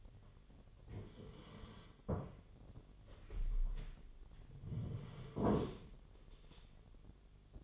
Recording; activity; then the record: daily activity, microphone in the room; sit down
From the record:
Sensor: 4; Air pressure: 1008.6 hPa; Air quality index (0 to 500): 170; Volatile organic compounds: 5 ppm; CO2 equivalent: 1711 ppm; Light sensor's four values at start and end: 23/72/27/26 and 23/72/27/26